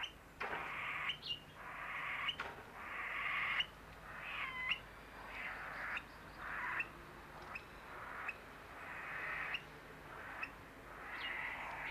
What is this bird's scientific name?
Burhinus oedicnemus